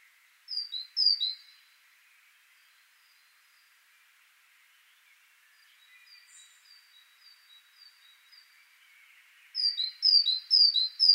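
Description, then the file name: Great tit song: a short burst of two-note phrases, a quiet series of softer thin notes, then a louder burst of repeated high-low phrases. "Parus major"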